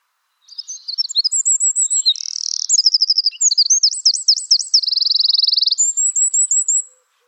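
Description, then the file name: Eurasian wren delivering a complete song: a fast cascade of high chirps, rattles and rolling trills, a long even trill, then a thin high twitter. "Troglodytes troglodytes"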